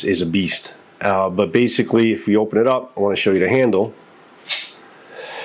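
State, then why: Seated. Someone talks, then a folding knife is opened and its blade snaps into the handle's lock with a single sharp click at 4.5 s. The blade is seated and locked open.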